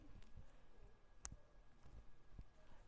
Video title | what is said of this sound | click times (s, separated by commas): JewelleryMaker Live | A satisfying click. | 1.2 s